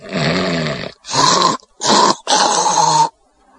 The snoring scene. Weird snoring noise it sounds like shaving haircut almost.